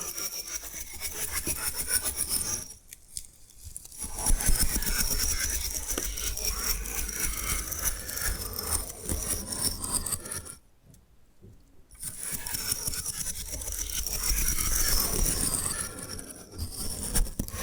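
Bamboo is scratched and brushed in a dense, busy stream of rasping, clicking strokes with bright, hissy edges and rapid light taps. The sound stops briefly near three seconds and again around eleven to twelve seconds, then resumes at a similar steady level.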